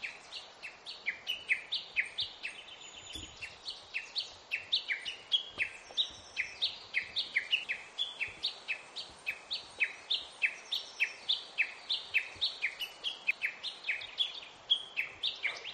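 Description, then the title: Bird song: a steady series of sharp, bright downslurred chirps, rapidly repeated throughout. "pajaros2"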